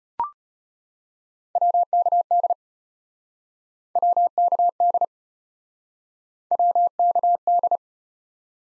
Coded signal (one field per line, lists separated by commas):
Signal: Morse code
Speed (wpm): 34 wpm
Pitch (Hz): 700 Hz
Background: none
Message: WKD WKD WKD